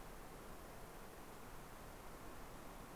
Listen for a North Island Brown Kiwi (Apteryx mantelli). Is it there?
no